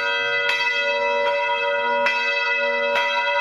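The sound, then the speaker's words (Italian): Church bells ring out festively, four bright strikes at uneven intervals, each leaving a rich, sustained shimmer of overlapping tones. The ringing stays loud and steady throughout, with no voices. “Le campane a festa le abbiamo già suonate una volta per annunciare l'indicibilmente bello libro di Michele Mari su Giacomo Leopardi.”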